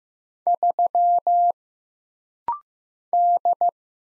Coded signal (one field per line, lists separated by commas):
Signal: Morse code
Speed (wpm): 15 wpm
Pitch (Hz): 700 Hz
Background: none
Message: 3 D